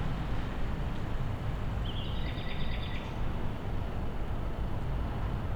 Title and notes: Jana Pawła II 20C, 41-106 Siemianowice Śląskie, Polska - Nightingale amidst blocks of flats. Poniedziałek, 20 maja 2019. Noc. Echo słowika wśród bloków. Monday, May 20th 2019. Nighttime. Nightingale echoing amidst blocks of flats. Field recordings of Siemianowice Śląskie - City Soundscape